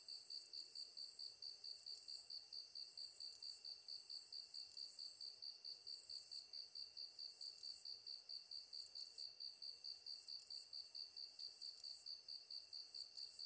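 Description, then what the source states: Katydid singing: long run of high buzzy phrases punctuated by sharp clicks every second or two, steady rhythmic insect pulsing underneath. Recorded 23 August 2010 at 21:33.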